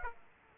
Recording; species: mosquito wingbeat signal from an infrared sensor; Aedes aegypti